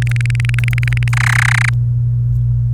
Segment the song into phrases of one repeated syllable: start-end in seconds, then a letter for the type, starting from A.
0.02-1.08 A, 1.13-1.69 B